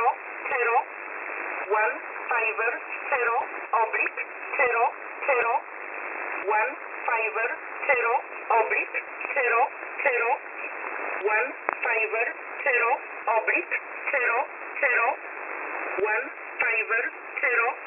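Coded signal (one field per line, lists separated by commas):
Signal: numbers station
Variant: E11 Oblique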